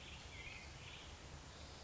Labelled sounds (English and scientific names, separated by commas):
Black-headed Grosbeak (Pheucticus melanocephalus)